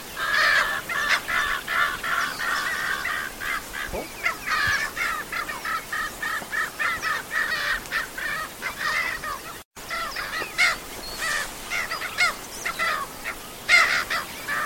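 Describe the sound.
Bird calling: many nasal, honking calls run together in a busy, continuous chatter, with a brief break near ten seconds.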